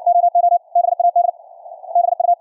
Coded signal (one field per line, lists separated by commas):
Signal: Morse code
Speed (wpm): 60 wpm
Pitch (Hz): 700 Hz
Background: none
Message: OO BAD BU